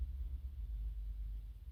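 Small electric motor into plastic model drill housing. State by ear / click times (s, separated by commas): not seated / none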